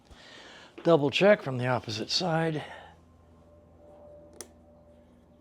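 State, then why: Seated. Someone talks while a spring clip is slipped up and over the pins of the master link on a new motorcycle chain and pushed into place. After a quiet stretch, a single sharp click at 4.4 seconds marks the clip snapping home, seated on the master link.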